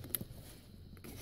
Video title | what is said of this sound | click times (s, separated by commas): Corvette Magnetic Damper Replacement | are those click together and then you reset the great tab just | 0.1 s